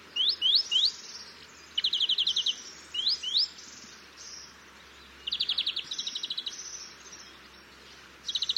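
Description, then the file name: European greenfinch twittering with upward-sweeping notes and fast rattling trills, several bursts spaced throughout, with faint low hum beneath. "Chloris chloris"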